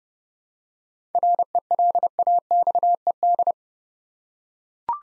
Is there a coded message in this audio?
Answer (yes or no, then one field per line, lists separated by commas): yes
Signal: Morse code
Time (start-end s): 1.1-3.5 s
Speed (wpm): 30 wpm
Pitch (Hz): 700 Hz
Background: none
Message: RELAXED